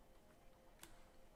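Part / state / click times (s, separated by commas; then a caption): plastic model kit part onto kit body / seated / 0.8 s. A plastic part of an RG 1/144 MSN-04 Sazabi model kit is fitted onto the kit body and pulled down. Against a faint, steady background, a single short, sharp snap sounds at 0.8 s as it snaps into place.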